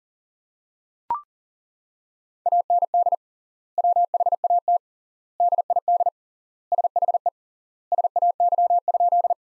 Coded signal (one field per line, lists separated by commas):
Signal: Morse code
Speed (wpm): 40 wpm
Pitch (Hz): 700 Hz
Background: none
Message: AND WHAT DID SHE SAY?